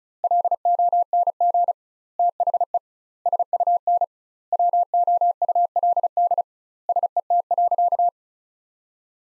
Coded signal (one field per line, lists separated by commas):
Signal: Morse code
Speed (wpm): 34 wpm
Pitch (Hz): 700 Hz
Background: none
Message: LONG THE SUN WOULD SET.